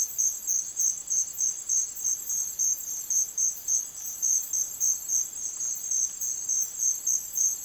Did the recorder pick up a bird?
no